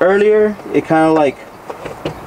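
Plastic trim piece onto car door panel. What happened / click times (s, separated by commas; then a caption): The trim piece is being handled and has not seated yet / none. Someone talks while a plastic trim piece is angled in toward a Toyota RAV4 (2019+) door panel during a door speaker upgrade. After the talking, two brief, faint handling knocks come at about 1.7 s and 2.1 s. Nothing has seated or clicked yet.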